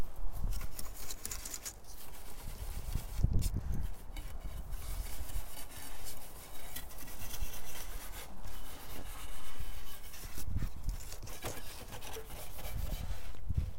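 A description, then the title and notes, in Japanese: Crinkly plastic bag rustling as dried strips of radish are gathered from a drying rack into a bag. The crackling runs nearly continuously, bright, with brief dips and heavier dull thumps around three, ten and thirteen seconds. 袋ガサ音 切り干し大根 干し台から回収。千切り大根が寒風にさらされ、カラカラに乾燥して切り干し大根の完成です！周りは冬枯れの畑。干し台から袋に回収します。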